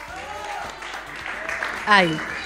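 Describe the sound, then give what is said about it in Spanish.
An audience at La Sobremesa de Chaplin claps steadily in a dense, continuous patter, measured on an applause meter for a collective toast, with voices calling out over it and one loud, rising shout near the end. “Vamos a medirlo en el aplausómetro. ¿Hay brindis colectivo?”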